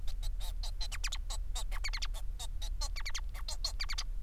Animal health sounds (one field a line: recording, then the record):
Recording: song of a male Bengalese finch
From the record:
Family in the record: son of father 4